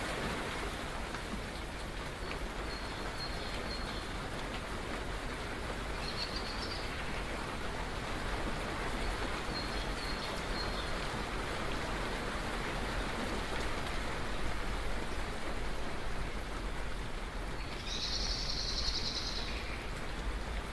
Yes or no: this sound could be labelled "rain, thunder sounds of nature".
yes